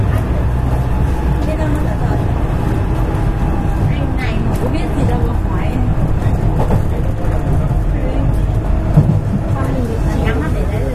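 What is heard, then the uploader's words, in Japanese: Running sound recorded inside a commuter electric train, with a steady low rumble and hum that stays dense and even throughout. Faint voices murmur in the cabin, and brief clicks and rattles from the wheels and body come through at irregular intervals. JR西日本207系0番台(F1編成) JR神戸線普通 尼崎から神戸まで。It is running sound of JR West Japan Series 207 train.I recorded on the local train of Kobe Line.The section is from Amagasaki to Kobe.西日本旅客鉄道 207系電車の走行音です。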